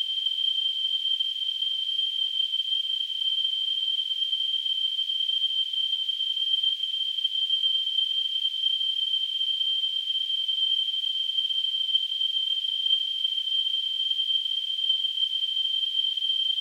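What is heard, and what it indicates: Simulated tinnitus: a steady, continuous high-pitched tone near 3 kHz, surrounded by a faint band of hiss, unchanging throughout.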